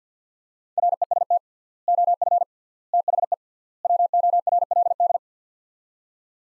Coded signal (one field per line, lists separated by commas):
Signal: Morse code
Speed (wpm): 50 wpm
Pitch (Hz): 700 Hz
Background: none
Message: REST OF THE WORLD